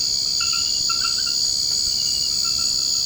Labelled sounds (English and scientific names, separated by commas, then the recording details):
none
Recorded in secondary vegetation near Puerto Asís, Putumayo, Colombia, on 24 March 2025 at 22:30
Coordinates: 0.488, -76.319
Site G095